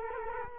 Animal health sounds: mosquito wingbeat signal from an infrared sensor; Culex quinquefasciatus

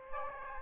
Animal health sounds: mosquito wingbeat signal from an infrared sensor; Aedes aegypti

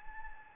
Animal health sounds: mosquito wingbeat signal from an infrared sensor; Anopheles gambiae

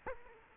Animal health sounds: mosquito wingbeat signal from an infrared sensor; Aedes aegypti

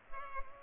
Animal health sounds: mosquito wingbeat signal from an infrared sensor; Culex pipiens

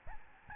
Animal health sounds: mosquito wingbeat signal from an infrared sensor; Aedes albopictus

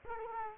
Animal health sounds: mosquito wingbeat signal from an infrared sensor; Culex quinquefasciatus

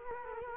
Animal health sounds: mosquito wingbeat signal from an infrared sensor; Culex quinquefasciatus

